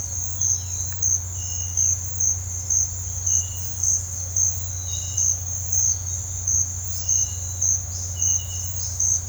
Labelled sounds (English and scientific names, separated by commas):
none